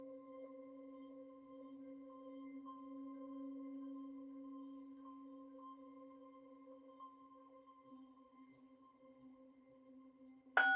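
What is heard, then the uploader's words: A bowl-like tone rings steadily, its low hum and several higher overtones holding through the whole clip and slowly fading after about eight seconds. Near the end, at roughly ten and a half seconds, a sudden bright burst cuts in loudly and briefly. MIDI and BOWL sounds 7 mins per chakra.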